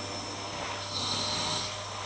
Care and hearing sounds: daily activity, microphone in the room; vacuum cleaning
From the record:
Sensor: 3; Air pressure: 1000.1 hPa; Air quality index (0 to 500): 136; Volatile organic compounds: 2 ppm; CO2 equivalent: 1210 ppm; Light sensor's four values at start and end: 39/101/42/47 and 39/101/42/46

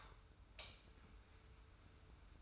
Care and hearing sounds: daily activity, microphone in the room; light off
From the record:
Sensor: 2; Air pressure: 990.8 hPa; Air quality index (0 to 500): 121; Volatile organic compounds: 86 ppm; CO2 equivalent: 3656 ppm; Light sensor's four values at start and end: 30/77/31/31 and 25/60/24/24

